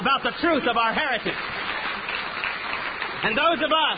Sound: applause